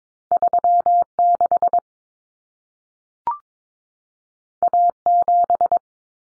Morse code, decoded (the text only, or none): 36 A7